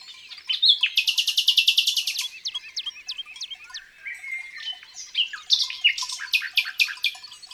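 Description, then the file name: Common nightingale song opens with a fast, loud rattle of about a dozen notes, followed by clipped whistles and a second series of strong repeated strokes. Recorded in the countryside. "Rossignol philomele Chants doiseaux dans la campagne"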